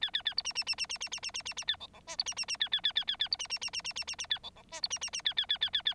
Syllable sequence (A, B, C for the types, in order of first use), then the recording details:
A A A B C C C C C C C C C C C A D D E B C C C A A A A A A B C C C C C C C C A D D E B C C C A A A A A A. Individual Bird9